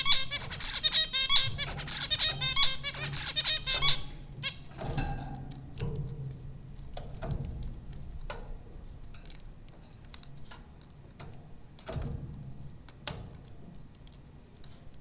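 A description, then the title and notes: Zebra finches call in a quick run of bright, squeaky chirps, dense and repeated for the first four seconds, then scattered single peeps follow. A low hum and soft rustling or tapping sit underneath, with a few thumps around five, seven and twelve seconds. Zebra finches recorded by Dan Bodah at Popcorn School, Flatbush, Brooklyn NY.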